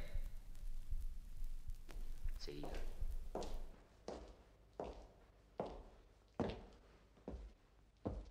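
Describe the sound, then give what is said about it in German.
Steady footsteps on wooden floorboards while walking through the two floors of a building, part of a sound work by artist Clemens von Wedemeyer, about eight evenly paced, hollow thuds that begin after a few seconds of muffled background murmur and continue at a relaxed walking rhythm. “Beim Gang durch die beiden Etagen hört man immer wieder das Klopfen an Türen, Klirren von Schlüsselbünden und Schritte auf Holzstielen.”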